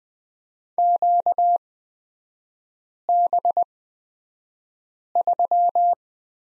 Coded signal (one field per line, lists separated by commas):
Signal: Morse code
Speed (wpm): 20 wpm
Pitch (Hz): 700 Hz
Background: none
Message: QB3